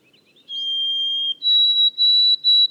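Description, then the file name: White-throated sparrow singing. A few soft chips come first, then a steady pure whistle, then higher whistled notes repeated in short even bursts. Boreal forest of Haute-Côte-Nord, 29 May 2018. "bruant a gorge blanche foret boreale de la haute cote nord"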